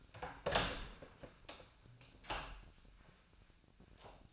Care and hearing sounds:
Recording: daily activity, microphone in the room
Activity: open door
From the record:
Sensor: 2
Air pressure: 1009.1 hPa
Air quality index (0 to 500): 183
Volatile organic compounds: 3 ppm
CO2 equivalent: 1329 ppm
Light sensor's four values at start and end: 32/83/35/37 and 32/84/36/38

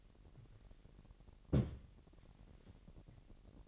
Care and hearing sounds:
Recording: daily activity, microphone in the room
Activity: place on stove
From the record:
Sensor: 4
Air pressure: 1012.9 hPa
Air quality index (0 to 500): 238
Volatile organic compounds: 4 ppm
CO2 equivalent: 1587 ppm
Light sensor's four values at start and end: 27/63/26/25 and 28/67/27/26

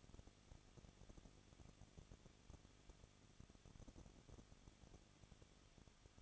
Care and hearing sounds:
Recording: daily activity, microphone in the room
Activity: no activity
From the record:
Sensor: 4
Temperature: 23.0 degrees Celsius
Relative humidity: 34.6%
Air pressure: 1007.2 hPa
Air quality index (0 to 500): 215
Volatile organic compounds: 15 ppm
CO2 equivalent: 2499 ppm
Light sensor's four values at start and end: 2/3/1/1 and 2/3/1/1

